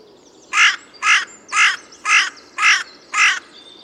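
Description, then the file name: Carrion crow giving six harsh, raspy caws at a steady pace, about one every half second, with faint background hiss. "Corvus corone"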